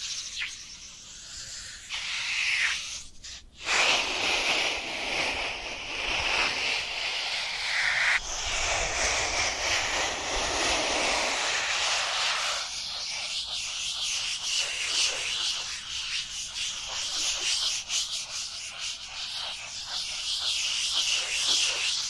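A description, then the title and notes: Dry hands rub together in a steady, scratchy hiss that runs almost without pause, breaking off briefly around three and a half seconds. From about eight to twelve seconds the rubbing turns fuller and rougher, then settles back into a thinner, brighter swish. Dry Dry Hand Sounds. (No Talking).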